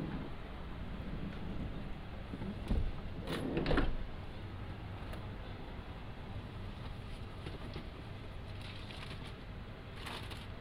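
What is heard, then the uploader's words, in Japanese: Produce being taken out to a roadside farm stand, under a steady low rumble like a running vehicle. Around the third and fourth seconds come sharp clunks and rattling, perhaps a sliding door, with a few lighter knocks near the end. 環境音 直売所へ店出し。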